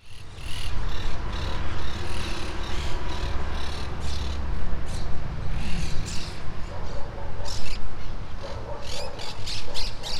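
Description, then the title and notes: Monk parakeet squawks, scratchy and insistent, several birds calling over one another, with a low droning hum underneath throughout. Monk parakeets calling in trees near the coast at Playa Ancha. "Plaza De Loros. Cotorras Argentinas en los arboles cercanos a la costa de Playa Ancha"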